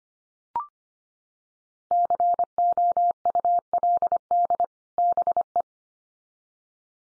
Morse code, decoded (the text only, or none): COULD BE